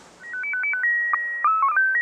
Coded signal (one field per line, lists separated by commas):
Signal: SSTV (slow-scan television)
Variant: PD 180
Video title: Sausage and scouse net, RAF Prestatyn, Radio comms wild camp